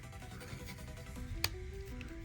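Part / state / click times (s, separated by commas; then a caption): plastic hip panel of an action figure, into the figure's waist / seated / 1.4 s. During transformation of a plastic Hasbro Transformers War for Cybertron Earthrise Thrust action figure, the small crotch/hip panel is brought up and pressed into the figure's waist over steady background music. A sharp click at 1.4 s marks the panel snapping into place, followed by a fainter tick near 2.0 s.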